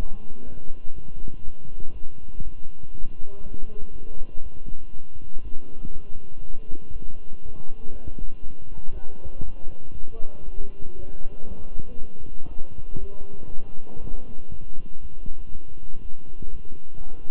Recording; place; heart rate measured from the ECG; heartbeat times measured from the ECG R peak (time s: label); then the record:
heart sounds by stethoscope; between the tricuspid and mitral areas; 120 bpm
0.45 s: heartbeat
0.94 s: heartbeat
1.44 s: heartbeat
1.93 s: heartbeat
2.43 s: heartbeat
2.92 s: heartbeat
3.42 s: heartbeat
3.92 s: heartbeat
4.42 s: heartbeat
4.92 s: heartbeat
5.43 s: heartbeat
5.92 s: heartbeat
6.42 s: heartbeat
6.92 s: heartbeat
7.42 s: heartbeat
7.91 s: heartbeat
8.42 s: heartbeat
8.93 s: heartbeat
9.44 s: heartbeat
9.94 s: heartbeat
10.44 s: heartbeat
10.95 s: heartbeat
11.47 s: heartbeat
11.98 s: heartbeat
12.48 s: heartbeat
12.99 s: heartbeat
13.50 s: heartbeat
14.00 s: heartbeat
14.50 s: heartbeat
15.01 s: heartbeat
15.51 s: heartbeat
16.01 s: heartbeat
16.50 s: heartbeat
16.99 s: heartbeat
From the record:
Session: walking at 3.7 km/h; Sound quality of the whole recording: good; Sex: male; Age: 23 years